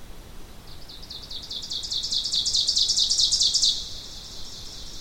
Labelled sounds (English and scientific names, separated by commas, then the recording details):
Ovenbird (Seiurus aurocapilla) song
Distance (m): 15 m
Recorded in boreal forest in Alberta, Canada, on 2 June 2016 at 07:37
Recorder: SongMeter 3, array SBT-3-7
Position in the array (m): 208 m, 86 m
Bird 6